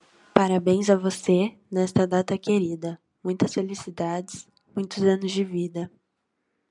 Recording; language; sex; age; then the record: short text; Brazilian Portuguese; female; 18 to 19 years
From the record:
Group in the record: control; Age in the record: 19 years